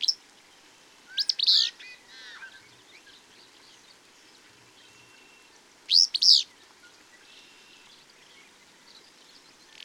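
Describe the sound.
Bird: two loud high chirping bursts, separated by soft twittering and short whistled notes.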